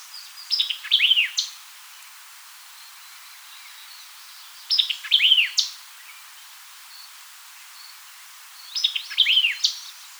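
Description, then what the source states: White-eyed vireo song, a brisk phrase of chips and slurred downward whistles repeated three times, roughly every four seconds, over steady background hiss. Recorded 4 January 2007.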